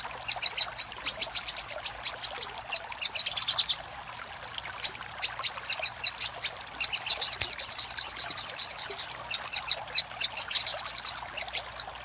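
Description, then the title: Little spiderhunter singing bursts of shrill, clipped notes, a short silence near four seconds, then extended rattling trills. Master recording for training cage birds; Indonesian name Sogok Ontong, labelled Labaik. "Masteran Burung Sogok Ontong Labaik"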